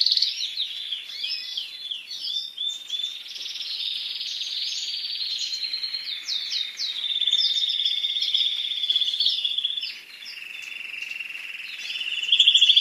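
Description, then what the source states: Canary singing a long, continuous song of chattering notes and rolling trills, ending in a rapid, ringing rattle. Song of a Spanish breed canary.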